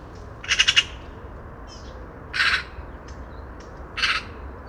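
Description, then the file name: Eurasian magpie calling with three harsh, scratchy bursts, the first a rapid rattle, over a quiet background. "Pica pica"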